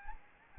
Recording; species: mosquito wingbeat signal from an infrared sensor; Anopheles gambiae